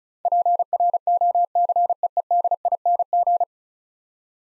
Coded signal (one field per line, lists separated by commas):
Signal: Morse code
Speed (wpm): 36 wpm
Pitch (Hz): 700 Hz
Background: none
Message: PROCEEDING